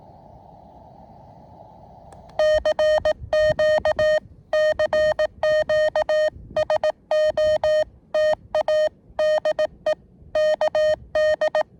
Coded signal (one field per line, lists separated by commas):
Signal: Morse code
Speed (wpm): 18 wpm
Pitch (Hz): 620 Hz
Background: none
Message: CQ CQ SOTA DE KD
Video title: KD2YDN activating W2/GC-010 Summits On The Air QRP (SOTA) & K-5108 Parks On The Air (POTA)